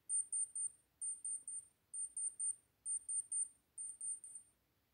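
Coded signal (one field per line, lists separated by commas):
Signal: beep code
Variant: digital thermometer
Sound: five quick bursts of shrill high beeps, each a short rapid trill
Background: quiet room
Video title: Acoustic Experience 8 – Badly designed thermometer-beeps wake up my agush baby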